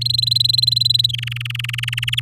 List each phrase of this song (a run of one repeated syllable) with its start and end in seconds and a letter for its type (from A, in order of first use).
0.01-1.11 A, 1.13-2.20 B